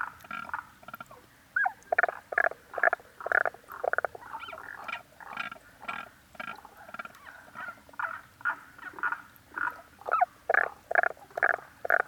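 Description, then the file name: Frog calling, a series of short rasping pulses, about two per second, fairly irregular, over a quiet background. "Rananeba Calling"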